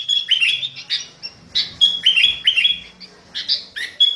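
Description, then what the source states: Sooty-headed bulbul giving short bursts of clear, ringing chirps mixed with harsher, blurred notes, separated by brief gaps. Master training song of a sooty-headed bulbul in a fierce style, called the 'thunder voice' style.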